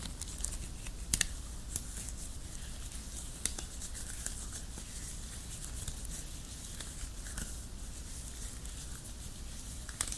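Latex gloves rub and squeak in a steady, soft rustle, with sharp snapping clicks near one, three and a half, and seven seconds.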